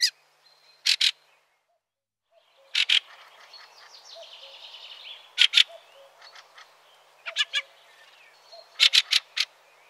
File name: Grive litorne